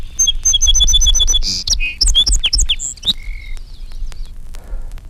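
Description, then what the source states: Song sparrow song: a rapid series of repeated high, bright notes, followed by varied whistles, buzzes and chips of changing pitch, over low rumbling background noise. Song begins with three emphatic, identical opening notes, followed by infinitely varied melodies.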